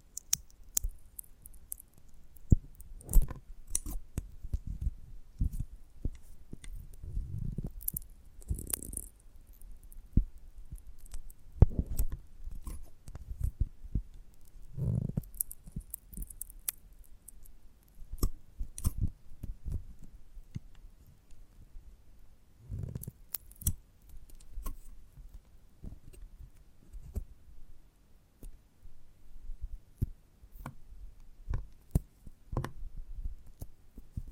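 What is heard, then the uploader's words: Sticky, squelchy chewing and handling of a giant gummy bear, with irregular wet clicks and smacks scattered through the clip. Bursts of soft, low mushy squishing come every few seconds, especially around 8, 12, 15 and 23 seconds, between quieter stretches. ASMR of a Giant Gummy Bear (No Talking).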